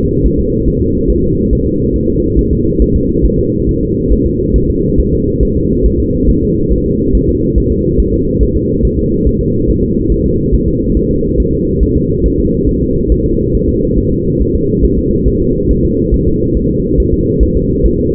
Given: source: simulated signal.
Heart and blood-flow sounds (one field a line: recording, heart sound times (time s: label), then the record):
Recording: fetal heart sounds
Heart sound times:
0.26 s: S1
0.40 s: S2
0.68 s: S1
0.82 s: S2
1.10 s: S1
1.24 s: S2
1.53 s: S1
1.67 s: S2
1.96 s: S1
2.10 s: S2
2.39 s: S1
2.53 s: S2
2.82 s: S1
2.96 s: S2
3.25 s: S1
3.39 s: S2
3.69 s: S1
3.83 s: S2
4.12 s: S1
4.26 s: S2
4.56 s: S1
4.70 s: S2
5.00 s: S1
5.13 s: S2
5.43 s: S1
5.57 s: S2
5.86 s: S1
6.00 s: S2
6.29 s: S1
6.43 s: S2
6.72 s: S1
6.86 s: S2
7.15 s: S1
7.29 s: S2
7.58 s: S1
7.72 s: S2
8.00 s: S1
8.14 s: S2
8.43 s: S1
8.56 s: S2
8.85 s: S1
8.99 s: S2
9.27 s: S1
9.41 s: S2
9.70 s: S1
9.84 s: S2
10.12 s: S1
10.26 s: S2
10.54 s: S1
10.68 s: S2
10.97 s: S1
11.11 s: S2
11.40 s: S1
11.54 s: S2
11.83 s: S1
11.97 s: S2
12.26 s: S1
12.40 s: S2
12.69 s: S1
12.83 s: S2
13.12 s: S1
13.26 s: S2
13.55 s: S1
13.69 s: S2
13.98 s: S1
14.12 s: S2
14.41 s: S1
14.55 s: S2
14.85 s: S1
14.98 s: S2
15.28 s: S1
15.42 s: S2
15.71 s: S1
15.85 s: S2
16.14 s: S1
16.28 s: S2
16.57 s: S1
16.71 s: S2
17.00 s: S1
17.14 s: S2
17.43 s: S1
17.57 s: S2
17.86 s: S1
18.00 s: S2
From the record:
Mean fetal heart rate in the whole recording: 140 bpm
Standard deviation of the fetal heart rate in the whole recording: 2 bpm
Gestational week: 34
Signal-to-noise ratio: -10.2 dB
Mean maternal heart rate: 72 bpm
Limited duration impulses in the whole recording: present